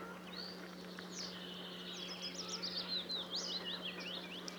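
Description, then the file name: Marsh tit, a fast series of short, high notes over a steady low hum. "Poecile palustris"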